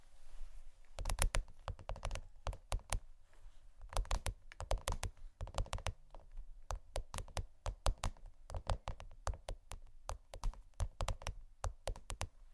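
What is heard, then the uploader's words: Dry hands tap and scratch on vinyl and metal in quick irregular bursts of sharp, bright clicks, with a low hum underneath throughout. Vinyl, Metal, Slow, Tapping, Scratching, Dry Hands, Crinkle (No Talking).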